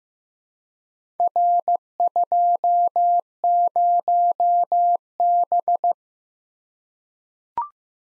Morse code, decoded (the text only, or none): R20B